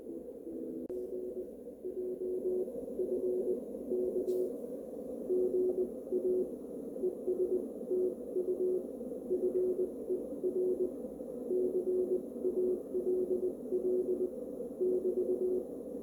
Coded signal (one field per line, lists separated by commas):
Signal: Morse code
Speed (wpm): 20 wpm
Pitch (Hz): 370 Hz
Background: none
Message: G JFK GA ES TU FER CALL <BT>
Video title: KD1JV Tri-Band CW Transceiver Kit